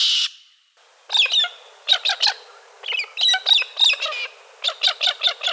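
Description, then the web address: Galah calls, harsh screechy notes in quick clusters, repeated throughout after a brief burst of noise at the start. Recorded in a garden in Canberra. "galah. canberra garden birds"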